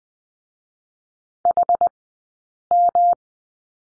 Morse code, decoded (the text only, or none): HM